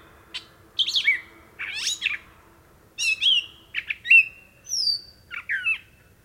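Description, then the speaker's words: Gray Catbird song, a halting string of varied squeaky, slurred and whistled phrases with short pauses between them, over a faint low hum. A lone catbird singing a night song. "Here, a lone catbird sings a beautiful night song as frogs croak and bellow in the distance."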